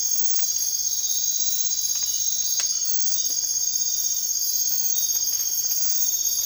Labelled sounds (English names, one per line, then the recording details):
none
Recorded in dense forest near Puerto Asís, Putumayo, Colombia, on 24 March 2025 at 01:00
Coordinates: 0.503, -76.323
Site GP09